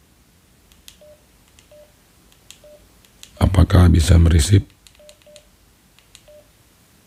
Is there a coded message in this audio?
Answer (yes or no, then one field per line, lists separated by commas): no